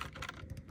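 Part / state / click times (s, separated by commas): plastic accessory part into action figure / not seated / none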